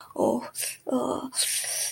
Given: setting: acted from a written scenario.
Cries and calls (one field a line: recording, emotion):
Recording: vocal sound without words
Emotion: shame